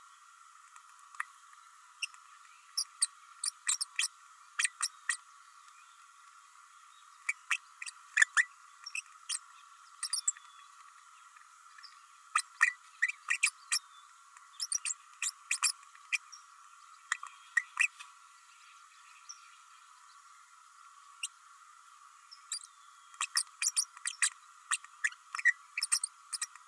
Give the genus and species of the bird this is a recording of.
Forpus passerinus